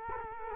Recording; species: mosquito wingbeat signal from an infrared sensor; Culex quinquefasciatus